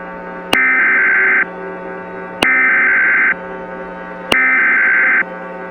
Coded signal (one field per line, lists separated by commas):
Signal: Emergency Alert System (SAME) tones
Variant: header bursts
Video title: EAS Scenario (Trailer): The Big Orlando Riot of 2022.